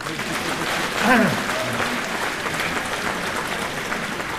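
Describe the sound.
An audience at a Chinese crosstalk (xiangsheng) show applauds a 78-year-old performer steadily for the whole stretch, a dense, even patter of many hands clapping at moderate loudness, with a brief voice calling out over it early on.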